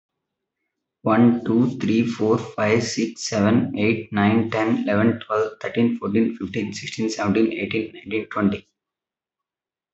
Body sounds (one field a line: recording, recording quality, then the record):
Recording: counting at a fast pace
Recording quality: excellent, no background noise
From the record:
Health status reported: respiratory illness, not identified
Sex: male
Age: 21 years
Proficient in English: yes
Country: India